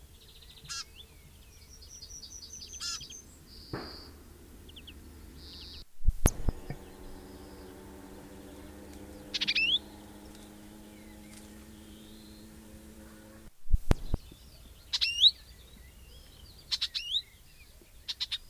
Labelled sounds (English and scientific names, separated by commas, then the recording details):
Icterine Warbler (Hippolais icterina)
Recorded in the wild
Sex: pair
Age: adult
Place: Kleinsendelbach, Bayern, DE
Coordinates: 49.5947, 11.1572
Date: 1964-06-20
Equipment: Nagra, Original, Vollspur
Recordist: Tretzel, Erwin